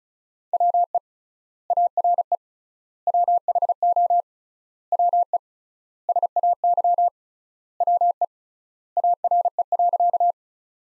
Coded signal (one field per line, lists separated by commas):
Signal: Morse code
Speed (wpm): 34 wpm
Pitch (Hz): 700 Hz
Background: none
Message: WE ARE WHO WE SAY WE ARE.